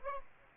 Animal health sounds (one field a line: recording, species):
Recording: mosquito wingbeat signal from an infrared sensor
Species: Aedes aegypti